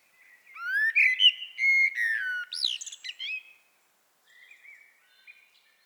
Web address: SETE data Turdus merula